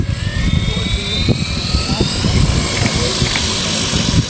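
A yellow DHL delivery drone for medicine deliveries, steered by a pilot from the Bonn bank of the Rhine out over the river: steady, loud rotor buzzing with a whining high-pitched tone that slowly rises, over a dense low rumble of wind and engine noise, continuous throughout.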